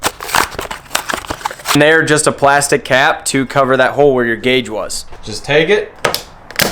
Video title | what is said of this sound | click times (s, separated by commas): What REALLY Happened To The Restored Boats... (Im Really Sorry) | and they click right in how dope is that | 6.1 s, 6.6 s